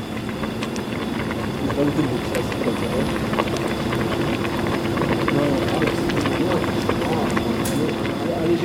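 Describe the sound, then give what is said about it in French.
A pot of red beans simmers with a steady, crackling bubble and soft hiss of steam, layered over a constant low hum from running fridges and machines. “On les entend cuire, clairement. Là, bon, c'est de la vapeur d'eau, hein, donc on n'a pas beaucoup de”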